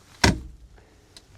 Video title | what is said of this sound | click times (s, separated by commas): Tune M1 Truck Camper - F250 8FT Long Box | And all you do is give it a push, you'll hear a click. | 0.2 s